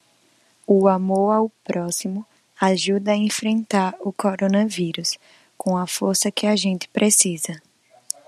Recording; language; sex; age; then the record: spoken sentence; Brazilian Portuguese; female; 20 to 29 years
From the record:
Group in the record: control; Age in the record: 23 years